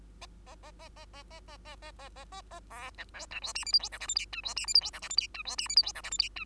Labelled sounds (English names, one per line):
Bengalese Finch song